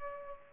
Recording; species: mosquito wingbeat signal from an infrared sensor; Culex pipiens